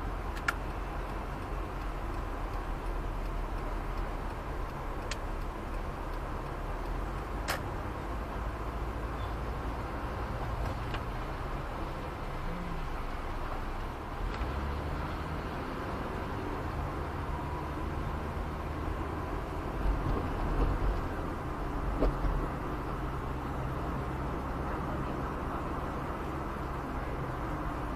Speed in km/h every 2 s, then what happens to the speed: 80, 79, 80, 80, 79, 79, 79, 78, 79, 80, 80, 81, 81, 81.
0-28 steady at about 80.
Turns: none.